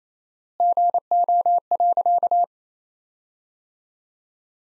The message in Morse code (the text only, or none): GO.